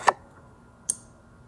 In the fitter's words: Once you hear the click, you're all set.